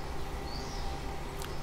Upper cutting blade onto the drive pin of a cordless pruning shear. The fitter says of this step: นี่ครับลงล็อคเรียบร้อยแล้วจากนั้นเราก็ใส่น็อตล็อค